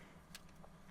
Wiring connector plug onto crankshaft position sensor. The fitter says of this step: pop that straight back down again you'll hear it click in